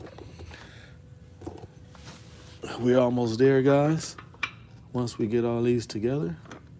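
A roller is handled against the second drum brake shoe, with faint metallic taps and scrapes near 0.2 s, 1.4 s and 2.0 s before someone talks. The part is being worked toward locking in, but nothing has seated or clicked yet.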